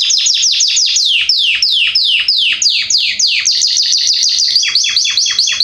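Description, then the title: Belgian canary singing a fast series of loud downward-slurred whistled notes, several each second. Male Belgian canary named Salsa singing very strongly and a lot; used to warm up young birds. "Canary Training Esquente Seu Filhote E Canario Belga Em 30 Minutos Macho Cantando Muito. Canrio Belga Salsa cantando muito forte"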